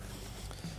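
On a 2006–2011 Honda Civic 1.8L L4, after the driver's side transmission mount is installed, the plastic cover is slid back over the mount bracket and its two plastic tabs are pushed in. A single short click sounds at 0.5 s over a steady low hum. The tabs lock and the cover is seated.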